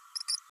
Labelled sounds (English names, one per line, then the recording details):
Green-rumped Parrotlet babbling
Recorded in a nest box in Venezuela
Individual 18B104A3